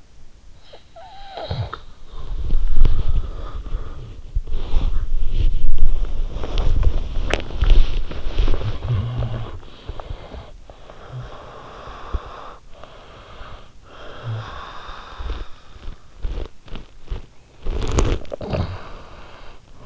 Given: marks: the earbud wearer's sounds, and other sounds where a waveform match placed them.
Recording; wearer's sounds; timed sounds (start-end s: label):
sounds in sleep by an in-ear microphone; snoring breath, body movement, talking in sleep, breath, teeth grinding, cough or throat clearing or sniffle
0.63-2.15 s: snoring breath
2.15-8.82 s: body movement
8.82-9.78 s: talking in sleep
9.97-15.58 s: breath
15.58-18.25 s: teeth grinding
18.25-19.86 s: cough or throat clearing or sniffle